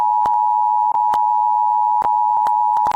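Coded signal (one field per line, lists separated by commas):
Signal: Emergency Alert System (SAME) tones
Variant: 853 and 960 Hz attention tone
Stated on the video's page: Required Monthly Test EAS alert, caught on KXRO 1320 AM, relayed about three minutes after issue.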